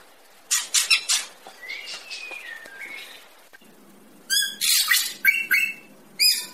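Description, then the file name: Greater racket-tailed drongo with rasping notes, a soft wavering whistle, then a cluster of loud ringing harmonic calls and harsh bursts. "tieng cheo beo duoi co hot"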